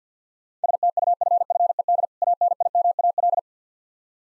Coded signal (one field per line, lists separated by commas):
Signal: Morse code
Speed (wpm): 50 wpm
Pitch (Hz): 700 Hz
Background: none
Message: STUFFED ANIMAL